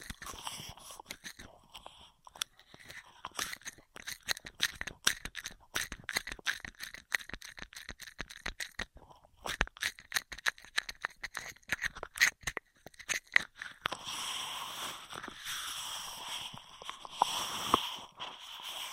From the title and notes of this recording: ASMR Beat Your Immunity with Intense Straw Triggers (No Talking).